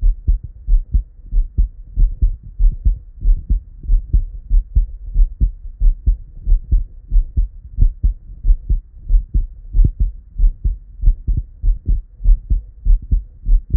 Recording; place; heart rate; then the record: heart sounds by stethoscope; Erb's point; 93 bpm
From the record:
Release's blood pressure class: normal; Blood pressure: 108/72 mmHg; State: at rest